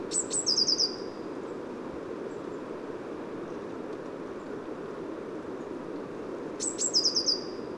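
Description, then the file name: Eurasian blue tit giving two bouts, each a sharp high note followed by a quick series of a few short tinkling notes, about six seconds apart, over a steady low rumble. Recorded at Neudarss on 2 February 2013, 09:53. "130202 ebtit-caeruleus. 0953 h neudarss"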